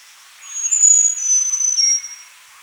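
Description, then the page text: Small niltava song, one high, thin phrase of long whistled notes that step slightly downward, ending with a brief lower whistle. "Small Niltava Song Sound Effect. Quick Sounds"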